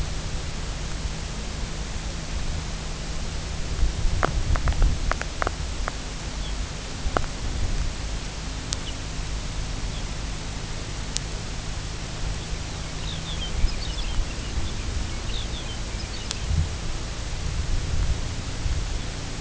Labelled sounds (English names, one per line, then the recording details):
Lapland Longspur
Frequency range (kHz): Lapland Longspur 1.9-5.7 kHz
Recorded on Arctic tundra, site UTQI-2, on 16 June 2019
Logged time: 00:00